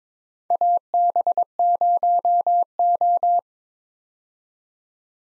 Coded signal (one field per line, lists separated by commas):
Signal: Morse code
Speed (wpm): 22 wpm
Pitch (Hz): 700 Hz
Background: none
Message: AB0O